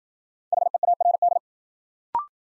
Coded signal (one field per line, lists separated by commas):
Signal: Morse code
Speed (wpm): 52 wpm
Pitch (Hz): 700 Hz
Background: none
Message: HEARD